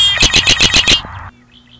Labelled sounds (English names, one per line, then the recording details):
Red-winged Blackbird
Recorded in Sonoma County, California